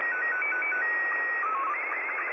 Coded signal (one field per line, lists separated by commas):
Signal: SSTV (slow-scan television)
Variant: Scottie 2